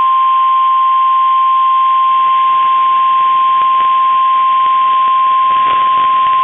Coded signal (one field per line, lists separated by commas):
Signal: Emergency Alert System (SAME) tones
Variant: 1050 Hz attention tone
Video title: SE Minnesota Severe Weather Outbreak (3/10/21) EAS 1516-1522